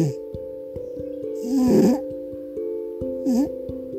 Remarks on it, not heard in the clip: Boise, Idaho. Just me and my cat. And this is the sound of her snoring. She's having a good dream.